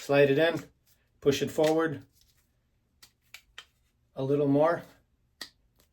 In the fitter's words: and then it clicks right in place just like that very simple